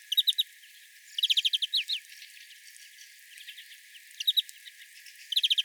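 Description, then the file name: European greenfinch calls: rapid runs of bright, clipped notes in groups of about three to eight, repeated several times throughout, including at the start, middle and end. "Chloris chloris"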